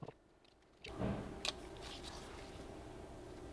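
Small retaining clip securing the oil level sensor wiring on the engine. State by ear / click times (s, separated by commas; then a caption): not seated / none. A small retaining clip that secures the oil level sensor wiring on a BMW S54 engine (2001–2006 BMW E46 M3) is being worked into position by hand, with quiet handling noises, a scrape near 0.9 s and a sharper tick at 1.5 s. Nothing has seated or clicked yet; the clip is still not home when the sound ends.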